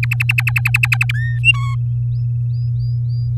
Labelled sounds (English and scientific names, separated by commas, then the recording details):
Domestic Canary (Serinus canaria) song
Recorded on 8 May 2018 at 17:06
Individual llb16